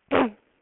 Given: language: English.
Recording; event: throat vibration sensor signal played as sound; throat clearing